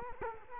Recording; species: mosquito wingbeat signal from an infrared sensor; Culex quinquefasciatus